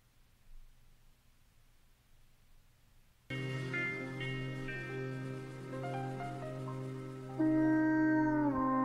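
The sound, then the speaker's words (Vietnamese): Wolves howl at night in long, drawn-out wails after about three seconds of low, quiet hum, several voices overlapping and sliding in pitch, swelling louder toward the end. No one speaks. “Tiếng chó sói tru kéo dài vang lên trong màn đêm tịch mịch.”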